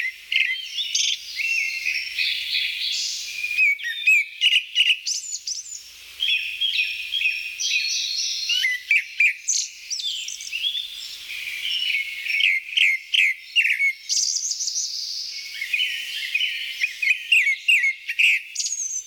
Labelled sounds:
Grey-backed Thrush song
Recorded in the wild
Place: Ussuriskij-Reservat, RU
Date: 1994-06-08
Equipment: Dat-Recorder Casio DA 7, Telinga DAT, Telinga-Parabolspiegel
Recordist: Schwarz, Dieter

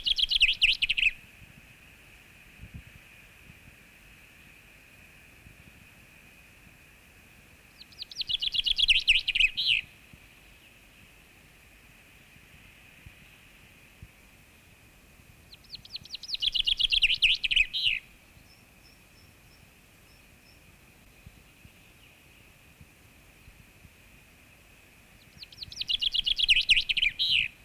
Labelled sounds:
Common Chaffinch song
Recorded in the wild
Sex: male
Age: adult
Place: Goslar, OT Hahnenklee, Oberharz, Niedersachsen, DE
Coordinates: 51.8644, 10.3308
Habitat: forest
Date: 1965-04-12
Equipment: Uher 4000 Report-S, Bändchenmikro Beyer M 260, Parabolspiegel Polyester (470 mm)
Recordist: Conrads, Klaus

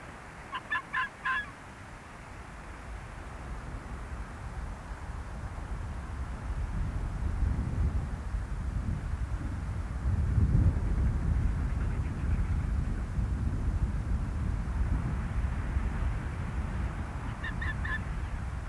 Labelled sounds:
Arctic Fox
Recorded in the wild
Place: Insel Mednyi, Kommandeur-Inseln, RU
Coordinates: 54.5167, 168.083
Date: 1999-06-29 19:33
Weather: gute Sicht, 7°C, fast windstill
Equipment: Sony WM-D6C, Sennheiser MKH 70, Windkorb, Kopie Sony TCD-D8
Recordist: Frommolt, Karl-Heinz

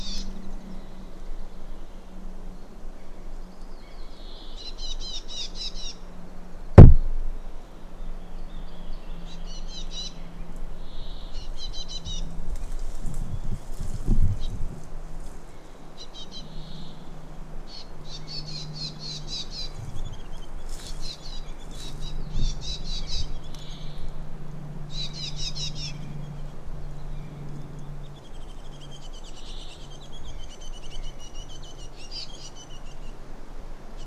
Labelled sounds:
Willow Warbler
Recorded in the wild
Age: adult
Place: Halbinsel Kindo, Karelien, RU
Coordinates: 66.5364, 33.0625
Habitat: taiga
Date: 1994-06-23 16:15
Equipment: Sony TCD-D3, Sennheiser ME 80, K 30 AV (I), Windschutz
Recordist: Frommolt, Karl-Heinz

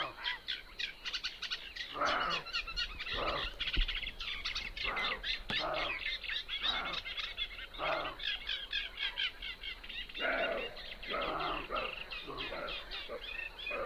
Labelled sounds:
Western Roe Deer barking
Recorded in the wild
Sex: male
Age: adult
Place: Zarnekow, Kummerower See, Mecklenburg-Vorpommern, DE
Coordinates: 53.8756, 12.8811
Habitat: meadow
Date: 2010-06-23 22:15
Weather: fair, 16°C, no wind
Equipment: Sound Devices 702, Sennheiser MKH 70, Rycote Windschutz
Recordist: Frommolt, Karl-Heinz

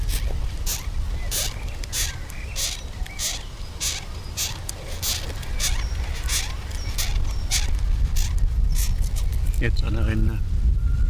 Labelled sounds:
Cerambyx Longicorn stridulation
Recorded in captivity
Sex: female
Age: imago
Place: Schloßpark Niederschönhausen, Berlin, DE
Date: 1997-07-05 18:39
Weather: 21°C, sonnig
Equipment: Sony MD-WM MZ-R3, Sennheiser MKH 416 T, Kopie Uher 4000 Report Monitor
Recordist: Tembrock, Günter

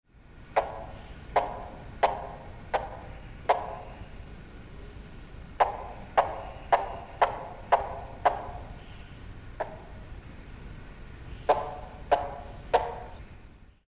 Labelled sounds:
Von Der Decken's Hornbill
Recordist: Tembrock, Günter
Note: Kurzlaute

